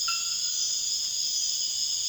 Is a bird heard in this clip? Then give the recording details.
no. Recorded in dense forest near Puerto Asís, Putumayo, Colombia, on 13 March 2025 at 02:00. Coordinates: 0.481, -76.323. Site G088